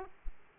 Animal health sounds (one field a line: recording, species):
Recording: mosquito wingbeat signal from an infrared sensor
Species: Aedes aegypti